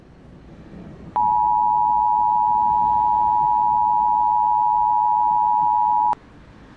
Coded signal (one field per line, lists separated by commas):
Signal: Emergency Alert System (SAME) tones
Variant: 853 and 960 Hz attention tone